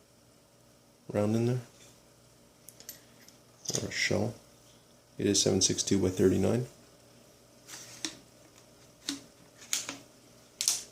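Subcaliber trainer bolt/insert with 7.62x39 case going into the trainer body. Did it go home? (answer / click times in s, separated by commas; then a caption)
yes / 10.6 s. Someone talks while loading an empty 7.62x39 case into the insert of a VH 7A RPG-7 subcaliber trainer, with short metallic handling clicks around 8.0, 9.1 and 9.7 seconds. The insert is closed with a sharp metallic click at 10.6 seconds as it goes into the trainer body and locks into place.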